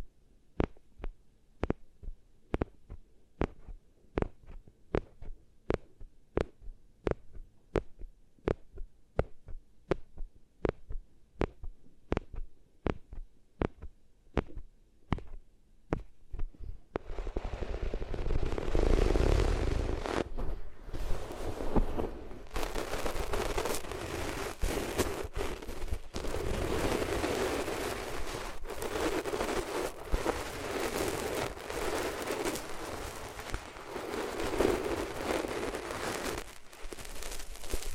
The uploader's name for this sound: Rubbing Your Ears on Different Materials